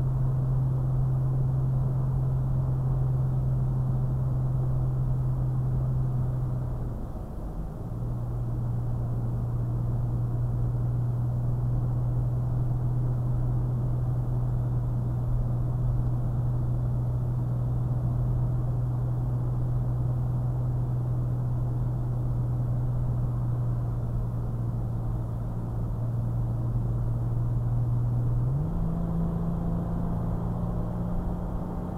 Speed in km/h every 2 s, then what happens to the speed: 68, 69, 69, 66, 66, 64, 66, 68, 68, 66, 64, 63, 63, 61, 60, 63.
0-17 steady at about 68. 17-26 slows to 61. 26-32 steady at about 61.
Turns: 8-15.